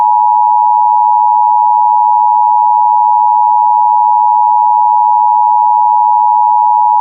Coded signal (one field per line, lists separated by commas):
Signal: Emergency Alert System (SAME) tones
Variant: 853 and 960 Hz attention tone